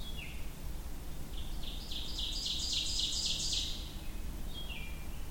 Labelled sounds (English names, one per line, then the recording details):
Ovenbird song
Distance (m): 35 m
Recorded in boreal forest in Alberta, Canada, on 23 June 2016 at 06:48
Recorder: SongMeter 3, array SBT-6-76
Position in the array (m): 21 m, 87 m
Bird 2